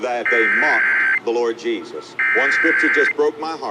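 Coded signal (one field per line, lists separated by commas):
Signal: Emergency Alert System (SAME) tones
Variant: header bursts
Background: speech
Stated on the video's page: Required monthly test from Shasta.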